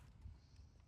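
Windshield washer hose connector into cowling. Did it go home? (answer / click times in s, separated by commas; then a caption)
no / none. A plastic windshield washer hose connector on a 2022 Honda Civic Si is pushed by hand toward its mount on the plastic cowling while leaning over the hood, handled gently because the plastic parts can easily break. Only low, muffled handling rumble with soft bumps near 0.3 s and 0.6 s is heard. The connector has not yet clicked or seated.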